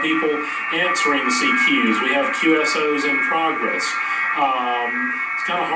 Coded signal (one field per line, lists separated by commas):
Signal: FT8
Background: speech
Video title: FT8 Presentation Pt2